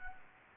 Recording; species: mosquito wingbeat signal from an infrared sensor; Anopheles gambiae